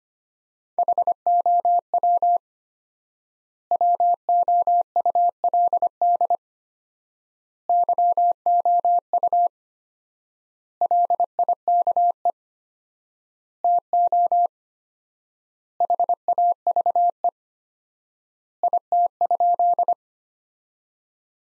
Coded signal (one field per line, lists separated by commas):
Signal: Morse code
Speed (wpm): 25 wpm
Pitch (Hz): 700 Hz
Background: none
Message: HOW WOULD YOU LIKE TO HAVE IT?